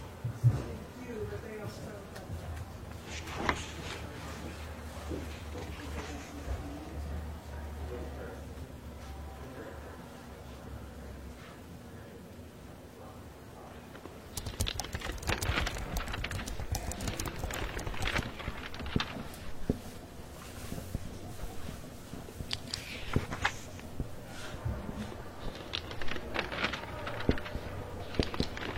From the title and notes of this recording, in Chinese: 公共图书馆沉浸式学习 图书馆环境音 打字声 写字翻书。